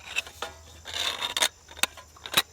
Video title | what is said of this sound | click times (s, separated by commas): I've Never Seen a Stove Like This Before - Kuvik Titanium Solid Fuel Stove | now, my friends, the fuel tray is locked into place, and this stove is ready to go. | 1.8 s